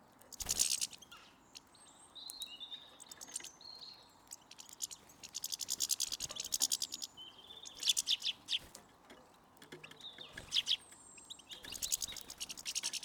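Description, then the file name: European goldfinch calls: high tinkling twitters and short whistled notes come repeatedly, with brief scratchy bursts throughout. "Carduelis carduelis"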